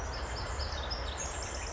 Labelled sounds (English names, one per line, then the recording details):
Pacific Wren
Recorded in Sonoma County, California